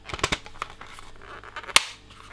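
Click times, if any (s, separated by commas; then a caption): 1.8 s. A plastic end cap is refitted onto the brush bar of a Dyson V11 cordless vacuum cleaner head, the reverse of removing it. A few light plastic rattles and taps lead up to one sharp click at 1.8 s as the cap seats into place, ready to be turned a quarter turn clockwise.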